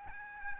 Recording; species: mosquito wingbeat signal from an infrared sensor; Aedes albopictus